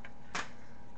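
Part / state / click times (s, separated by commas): plastic side lock clamping the top section of a hamster cage to the base / seated / 0.4 s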